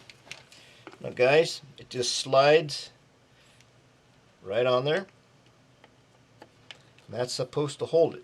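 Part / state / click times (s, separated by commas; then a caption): intercom unit into helmet mounting clamp / not seated / none. A Sena PT 10-10 intercom unit is slid along the plastic rail of its helmet mounting clamp before being pushed home, giving only light ticks of plastic sliding while someone talks. Nothing has seated or clicked yet.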